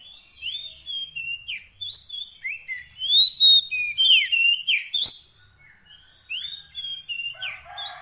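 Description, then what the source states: Oriental magpie-robin song: rapid sequence of sweet whistles and sharp chirps, louder in the middle, then resuming after a short gap. Long-duration fill-in (isian) song track meant to make the bird sing energetically (gacor) day and night.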